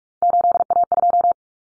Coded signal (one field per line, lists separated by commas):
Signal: Morse code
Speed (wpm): 44 wpm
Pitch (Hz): 700 Hz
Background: none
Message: 8A2